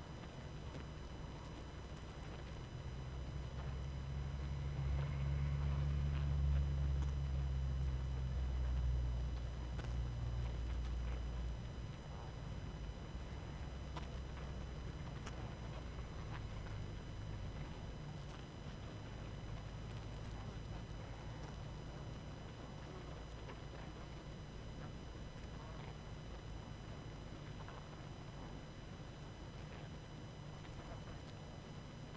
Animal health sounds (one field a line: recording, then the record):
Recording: honeybee colony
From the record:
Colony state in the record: active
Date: 12 June 2018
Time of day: 21:48